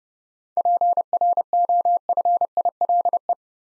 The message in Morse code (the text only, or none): PROFILE